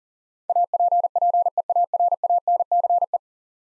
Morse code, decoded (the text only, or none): APPEARANCE